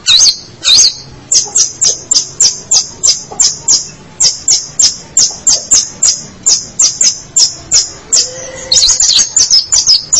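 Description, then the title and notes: Long-tailed shrike song: a steady run of sharp, high, chipping notes repeated about three times a second, briefly becoming a faster jumbled burst near the end. Indonesian name pentet; marked 201703. "Pentet 201703. Suara burung pentet"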